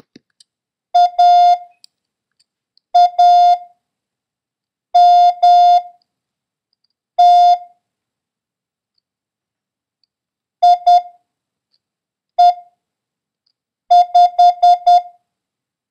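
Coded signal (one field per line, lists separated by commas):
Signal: Morse code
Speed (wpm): 10 wpm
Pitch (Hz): 710 Hz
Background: none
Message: AAMT IE5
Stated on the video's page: Morse code lesson drill covering the letters M, A, N and the number 0, with a random run of letters.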